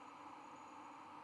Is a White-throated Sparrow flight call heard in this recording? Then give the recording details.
no. No flight call is heard. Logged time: 00:44 on 5 November 2014